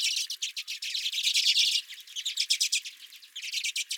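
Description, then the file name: Redpolls calling, a loud buzzy rattle at first, then separate dry chips, then renewed chatter toward the end. Redpolls at the recordist's feeder. "Redpolls at My Feeder"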